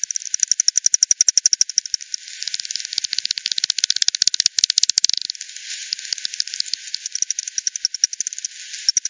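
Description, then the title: Bat echolocation calls, evenly spaced sharp clicks that grow denser and faster in the middle, then return to a steady tick. Multiple bats at Hogsmill River, Hogsmill Lane, 7 October 2020, 18:10 UTC; recorded via frequency division by ten, bandpass filtered, resampled. "bat 20201007 T 18 : 10 Z-Hogsmill-Lane-Hogsmill-River-multiple-bats"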